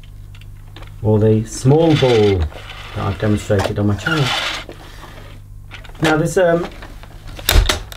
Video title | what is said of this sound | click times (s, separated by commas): Dyson DC24 Toy Vacuum Cleaner By Casdon Unboxing & Demonstration | wheels at the back piece if you just heard that clicking noise it | 7.5 s, 7.7 s